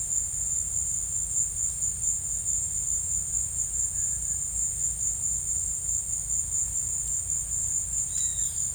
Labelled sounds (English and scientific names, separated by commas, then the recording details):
none
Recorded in secondary vegetation near Puerto Asís, Putumayo, Colombia, on 20 December 2024 at 14:30
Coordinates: 0.481, -76.318
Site G042